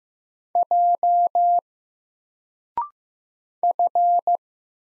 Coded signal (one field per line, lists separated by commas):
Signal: Morse code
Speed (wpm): 15 wpm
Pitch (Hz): 700 Hz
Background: none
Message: J F